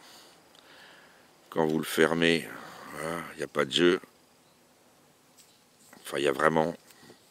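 The blade of a large EDC folding pocket knife, with a metal blade and lock, is handled while someone talks, with faint handling taps in the pauses. Nothing has seated or clicked yet; the clip ends just before the blade lock clicks into place.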